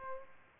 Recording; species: mosquito wingbeat signal from an infrared sensor; Aedes albopictus